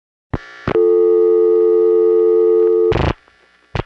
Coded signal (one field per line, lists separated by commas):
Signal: telephone call progress tone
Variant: North America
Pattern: dial tone